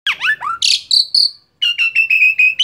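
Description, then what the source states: Asian pied starling song: a few down-slurred whistles and a harsh burst, a brief pause, then a row of several short repeated chirps at steady pitch. Training recording (masteran) of song used to teach caged birds.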